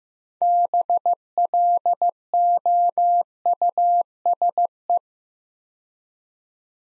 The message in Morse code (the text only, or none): BLOUSE